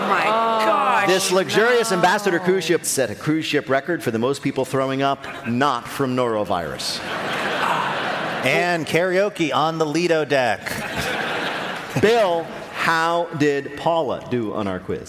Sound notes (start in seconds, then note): 7.0 laughter; 10.6 laughter